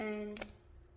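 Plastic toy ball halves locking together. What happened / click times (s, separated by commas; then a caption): Plastic halves handled, not yet locked shut / none. The two plastic halves of a toy ball are handled and pressed toward each other to lock them shut. Someone talks briefly, then two short taps are heard around 0.4 s before the sound fades to quiet. Nothing has seated or clicked locked yet.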